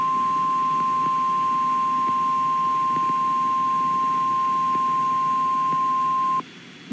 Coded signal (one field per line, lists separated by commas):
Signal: Emergency Alert System (SAME) tones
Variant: 1050 Hz attention tone